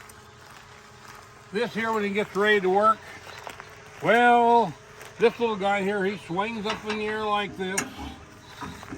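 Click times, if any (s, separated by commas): none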